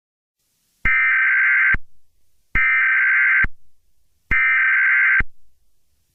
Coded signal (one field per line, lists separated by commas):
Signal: Emergency Alert System (SAME) tones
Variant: header bursts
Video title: EAS Scenario - Planet Killer